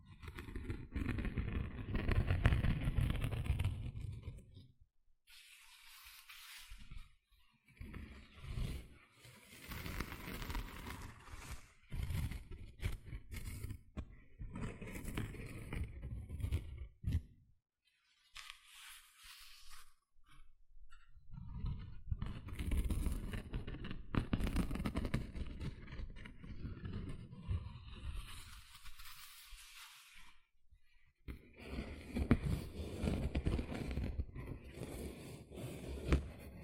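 Gentle scratching comes in long stretches of dense, rough strokes, rubbing with a soft low thump beneath and a hissy top. Brief pauses fall around 5, 18 and 31 seconds, and the stretches at the start and end are the fullest.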